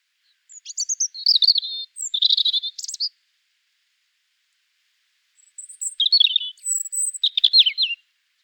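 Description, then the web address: European Robin delivering two high, tinkling phrases of thin whistles and rapid trills, separated by a pause of a few seconds, in a quiet setting. "erithacus rubecula call"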